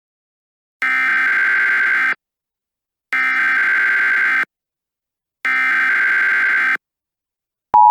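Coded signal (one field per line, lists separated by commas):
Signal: Emergency Alert System (SAME) tones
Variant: header bursts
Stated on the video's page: Fictional EAS scenario; simulated alert, not a real broadcast.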